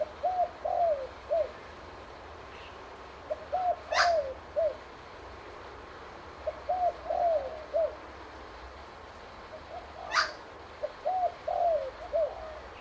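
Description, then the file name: Spotted dove repeating its low, soft coo-croo-coo phrase four times. Two brief sharp clicks also sound. "BIRD SPOTTED TURTLE DOVE CALL"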